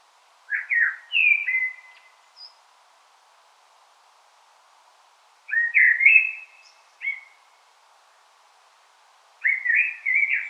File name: Turdus merula